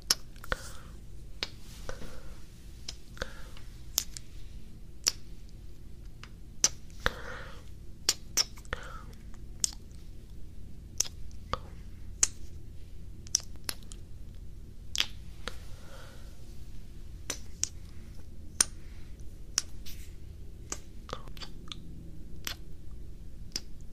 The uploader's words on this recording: ASMR Kisses, Earbud Nibbling, and Mouth Sounds and Sticky Tapping.